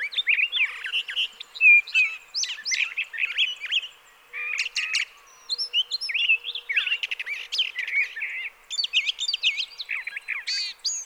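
Brown thrasher pouring out a long, nearly continuous run of mixed chirps, whistles and rasping notes, with only a few brief breaks.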